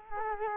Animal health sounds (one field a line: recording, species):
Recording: mosquito wingbeat signal from an infrared sensor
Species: Culex quinquefasciatus